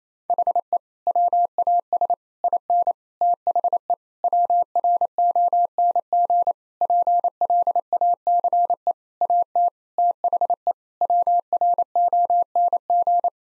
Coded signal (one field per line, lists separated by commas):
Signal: Morse code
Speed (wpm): 28 wpm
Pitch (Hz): 700 Hz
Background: none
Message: HE WAS IN THE WRONG PLACE AT THE WRONG